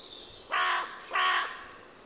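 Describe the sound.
Bird calling with two rough, raspy caws about 0.7 seconds apart, with faint background hiss between them.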